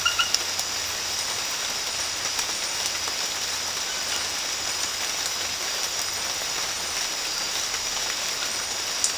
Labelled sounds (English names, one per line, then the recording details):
none
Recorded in dense forest near Puerto Asís, Putumayo, Colombia, on 8 March 2025 at 02:30
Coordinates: 0.484, -76.325
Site G045